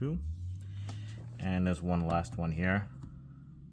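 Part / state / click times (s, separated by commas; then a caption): window switch panel clip into door trim / not seated / none. Someone talks while pressing on the last retaining clip of the window switch panel as it goes into the door trim of a 2023 Toyota BZ4X XLE, with only a few faint taps under the voice. Nothing has seated or clicked yet.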